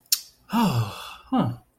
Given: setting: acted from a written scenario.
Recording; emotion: vocal sound without words; relief